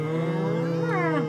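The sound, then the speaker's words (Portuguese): A cow lets out one long, drawn-out moo, a steady low droning tone whose upper harmonics bend and waver toward the end, loud and with nothing else behind it. “4 vacas,”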